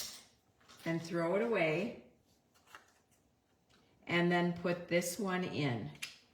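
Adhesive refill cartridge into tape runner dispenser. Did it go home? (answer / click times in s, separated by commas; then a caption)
no / none. Someone talks while handling a new plastic adhesive refill cartridge for a scrapbooking tape runner dispenser, after the empty refill has been taken out. Between the stretches of talk there is a faint, brief tap at about 2.8 s. The clip ends before the refill goes into the dispenser, so nothing has seated or clicked yet.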